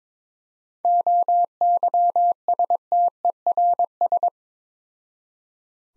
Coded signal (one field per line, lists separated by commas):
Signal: Morse code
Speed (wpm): 22 wpm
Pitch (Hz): 700 Hz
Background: none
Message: OYSTERS